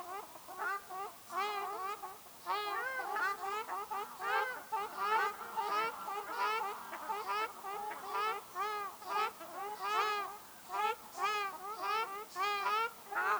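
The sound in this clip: Ruddy shelducks calling continuously, a dense chorus of rising-falling nasal honks repeated rapidly by several birds.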